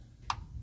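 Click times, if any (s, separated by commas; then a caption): 0.3 s. On a Jeep Liberty, the oil drain plug in the engine oil pan is unscrewed by hand while pressure is held against it, over a low background rumble. At 0.3 s a single sharp, loud click rings briefly near 1 kHz as the plug jumps off the last thread. The plug is released from the pan.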